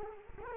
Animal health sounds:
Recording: mosquito wingbeat signal from an infrared sensor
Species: Culex quinquefasciatus

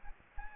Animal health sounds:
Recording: mosquito wingbeat signal from an infrared sensor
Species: Aedes aegypti

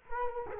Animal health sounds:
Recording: mosquito wingbeat signal from an infrared sensor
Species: Culex quinquefasciatus

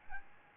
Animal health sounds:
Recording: mosquito wingbeat signal from an infrared sensor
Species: Aedes albopictus

